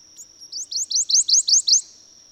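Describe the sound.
Bird singing a brisk series of seven sharp upslurred notes, each rising in pitch, delivered in a single burst with a constant thin high hum underneath.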